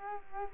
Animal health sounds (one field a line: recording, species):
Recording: mosquito wingbeat signal from an infrared sensor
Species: Culex quinquefasciatus